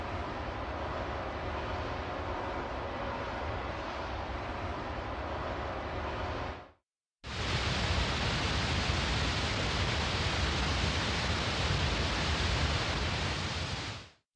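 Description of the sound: Two steady, continuous noise simulations of tinnitus: a lower, rumbling whoosh for about six seconds, then, after a brief silence, a louder, brighter roar like ocean surf. These imitate whooshing tinnitus, linked to eustachian tube dysfunction or low-pitch hearing loss, and ocean or roaring tinnitus, linked to low-pitch hearing loss or Meniere's disease and typically heard in one ear.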